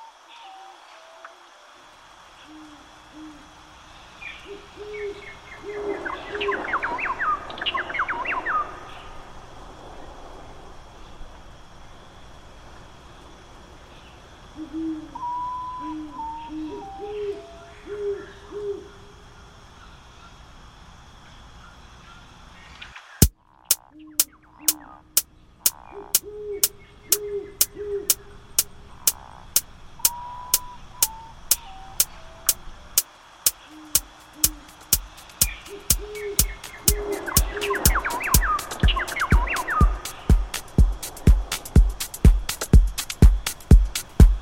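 A night jungle scene with soft, low hooting calls repeating in short phrases, plus a few brief bursts of chattering birdsong. About halfway through, a sharp, regular ticking starts and keeps going, growing quicker and louder toward the end.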